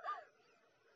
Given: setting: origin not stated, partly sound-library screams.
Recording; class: one-second piece from a danger detection set; woman in danger